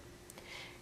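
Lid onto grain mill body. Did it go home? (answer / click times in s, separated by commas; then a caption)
yes / 0.3 s. A lid is twisted onto the body of a Nutri Grain Mill until it locks, with a short sharp snap at 0.3 s followed by a softer, longer rustle against a low steady background. The snap marks the lid seated and locked in place, since simply setting the lid on without it leaves it unsecured.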